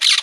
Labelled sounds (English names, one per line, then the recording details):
Brown-throated Parakeet contact call
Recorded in Margarita
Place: San Francisco, near stadium
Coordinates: 11.018, -64.294